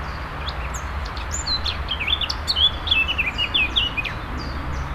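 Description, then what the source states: Bird singing a rapid, varied warble of short high chirps and trills over a low steady background rumble. Native hedge bird recorded in April.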